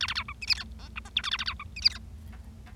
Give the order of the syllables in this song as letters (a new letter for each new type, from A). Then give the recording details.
A A B C D E F G H I J K A A B C D E F. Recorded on 25 March 2012 at 15:18. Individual gy6or6